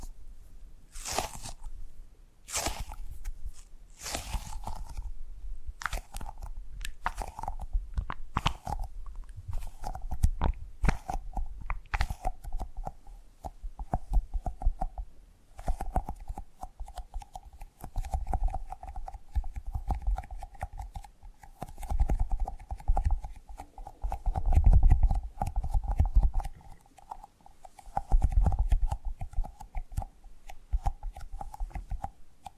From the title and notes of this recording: ASMR Tapping and Gripping Sounds for Sleep(No Talking).